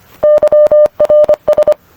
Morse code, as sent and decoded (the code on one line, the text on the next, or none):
-.-- .-. ...
YRS